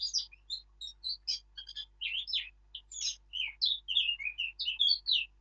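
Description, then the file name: Eurasian blackcap singing a fast, busy warble of mixed scratchy and clear whistled notes, delivered almost without pause throughout. "Sylvia atricapilla"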